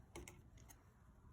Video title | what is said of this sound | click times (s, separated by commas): FULL REPAIR VIDEO Part 4: DONE! WORKS! Toyota Lexus Navigation GPS stereo Repair 2004-2010 | into the connector until it snaps | 0.2 s, 0.3 s